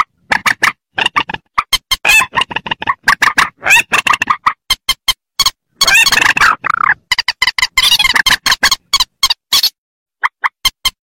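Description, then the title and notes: Rail calls: dense, rapid clucking and squawking with busy harsh bursts, thinning to a few short notes at the end. "Kicau Burung Mandar"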